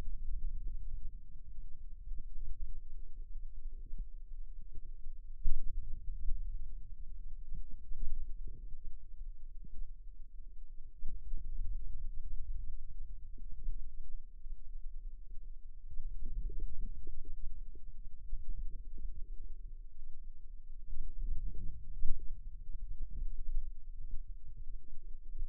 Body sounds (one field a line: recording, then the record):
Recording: forearm muscle sounds (acoustic myography)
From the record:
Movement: ulnar deviation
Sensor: system 2, bracelet of six BSWA MPA416 microphones around the upper forearm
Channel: 1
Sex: female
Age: 22 years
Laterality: right